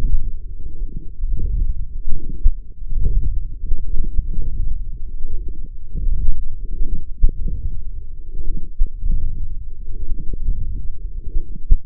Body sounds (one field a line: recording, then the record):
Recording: forearm muscle sounds (acoustic myography)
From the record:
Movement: forearm supination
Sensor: system 1, eight BSWA MPA416 microphones around the upper forearm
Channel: 6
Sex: male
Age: 21 years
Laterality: right